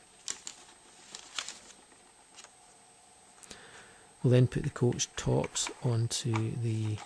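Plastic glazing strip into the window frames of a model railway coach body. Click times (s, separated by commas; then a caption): 0.3 s, 0.5 s, 1.2 s, 1.4 s, 1.5 s. Clear plastic glazing strips are pushed tight against the sides of a resprayed OO gauge plastic coach body from a Scotrail Mk2 coach model. They snap into the window frames one after another along the coach, with small sharp clicks at 0.3, 0.5, 1.2, 1.4 and 1.5 seconds, and the strips end up seated. Later someone talks.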